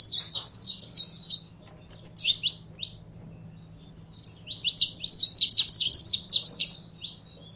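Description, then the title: Canary song: rapid high warbled trills and chirps, delivered in two bursts separated by a short pause, over a faint low hum. Song of a purebred Belgian canary. "Canto Do Canário Belga Puro"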